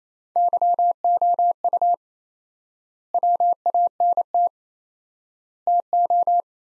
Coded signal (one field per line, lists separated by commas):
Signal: Morse code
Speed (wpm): 28 wpm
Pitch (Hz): 700 Hz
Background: none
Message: YOU WANT TO